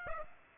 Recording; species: mosquito wingbeat signal from an infrared sensor; Aedes aegypti